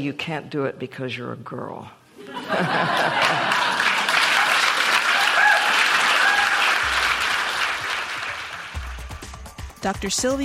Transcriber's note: applause